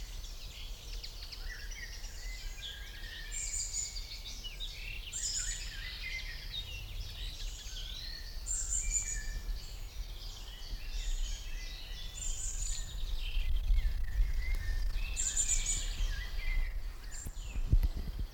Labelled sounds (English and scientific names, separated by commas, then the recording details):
Eurasian Wren (Troglodytes troglodytes)
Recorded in the wild
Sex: male
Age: adult
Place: Kremmen, Brandenburg, DE
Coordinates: 52.76, 13.03
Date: 1995-06-03 12:09
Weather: heiter, 18°C
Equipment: Marantz CP 430, Sennheiser ME 80, Kopie Uher 4000 Report Monitor
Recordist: Tembrock, Günter